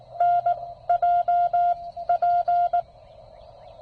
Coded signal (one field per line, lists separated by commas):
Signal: Morse code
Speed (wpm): 18 wpm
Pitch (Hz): 700 Hz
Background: none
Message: NJP